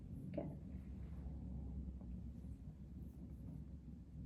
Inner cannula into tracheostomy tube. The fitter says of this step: I'm going to make sure it clicks. Okay.